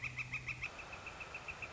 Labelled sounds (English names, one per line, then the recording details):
Northern Flicker
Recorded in Sonoma County, California